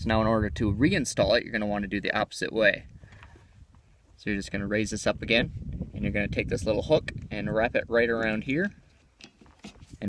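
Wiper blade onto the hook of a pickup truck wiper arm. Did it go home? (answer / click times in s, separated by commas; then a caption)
yes / 10.0 s. Someone talks while a windshield wiper blade's connector is wrapped around the J-hook of a Ford F-150 pickup truck wiper arm and pulled until it locks, with soft handling taps near the end. The blade clicks onto the hook and is seated securely at 10.0 s.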